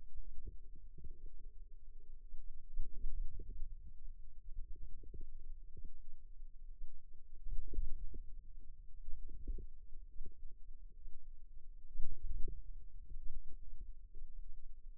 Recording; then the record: forearm muscle sounds (acoustic myography)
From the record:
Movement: wrist flexion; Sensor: system 2, bracelet of six BSWA MPA416 microphones around the upper forearm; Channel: 5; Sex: female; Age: 22 years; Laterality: right